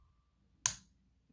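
The top cap of a Kennedy Ruby 21 metal mechanical vape mod is screwed onto the tube with the battery inside, finishing with one sharp, bright click at 0.7 s over near silence. The cap is seated and won't slip off.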